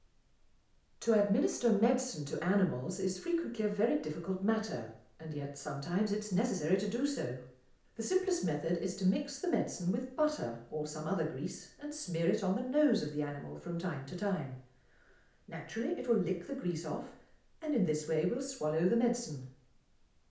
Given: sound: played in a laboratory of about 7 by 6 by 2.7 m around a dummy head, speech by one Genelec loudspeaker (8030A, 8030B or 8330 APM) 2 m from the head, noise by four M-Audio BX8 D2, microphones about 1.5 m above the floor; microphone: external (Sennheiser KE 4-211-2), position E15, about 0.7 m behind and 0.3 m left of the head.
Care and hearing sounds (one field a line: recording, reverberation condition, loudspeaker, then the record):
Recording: female speech in English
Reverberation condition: medium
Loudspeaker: 30 degrees to the left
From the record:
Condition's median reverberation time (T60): about 510 ms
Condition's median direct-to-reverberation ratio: about -0.5 dB